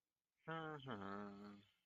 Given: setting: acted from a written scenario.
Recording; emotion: vocal sound without words; serenity